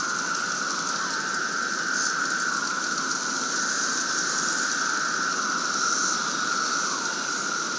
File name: Siliskie Road Cicadas at 10. 06 AM on Memorial Day 2024